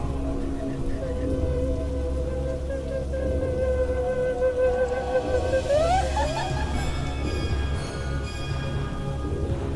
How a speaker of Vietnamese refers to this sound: Như vậy, trong cơn mưa gió điên cuồng,